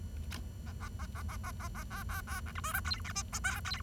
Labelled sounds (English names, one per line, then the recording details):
Bengalese Finch song
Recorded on 23 June 2012 at 10:17
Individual gr41rd51